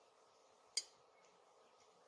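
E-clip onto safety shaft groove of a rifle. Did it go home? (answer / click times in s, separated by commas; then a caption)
yes / 0.8 s. A small steel E-clip is pressed onto the groove of a rifle's safety shaft while the part is held in place. A single sharp, bright metallic snap rings out at 0.8 s and fades quickly over a steady low background hiss. The clip snaps into place fairly easily and is seated.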